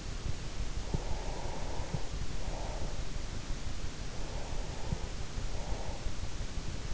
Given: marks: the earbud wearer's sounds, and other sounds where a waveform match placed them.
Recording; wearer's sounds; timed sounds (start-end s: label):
sounds in sleep by an in-ear microphone; breath
0.75-3.22 s: breath
3.68-6.47 s: breath